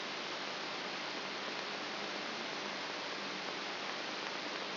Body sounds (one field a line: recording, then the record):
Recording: brain microelectrode recording played as sound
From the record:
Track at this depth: outside the subthalamic nucleus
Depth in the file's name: 6.501 mm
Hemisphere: left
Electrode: 3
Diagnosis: Parkinson's disease